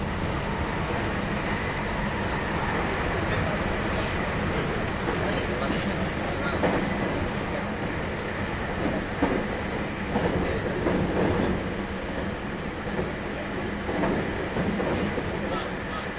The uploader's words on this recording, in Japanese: 225系 700 新快速23号 01/01:野洲～姫路。有料座席＂Aシート＂専用車両として新造された車両が225系-700です。その車両のロングラン運転となる＂新快速23号＂の列車走行音(静止画)です。収録年月:2023,12。